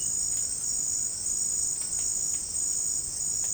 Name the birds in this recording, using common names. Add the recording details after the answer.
White-throated Toucan. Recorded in dense forest near Puerto Asís, Putumayo, Colombia, on 30 June 2025 at 18:00. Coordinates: 0.503, -76.323. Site G059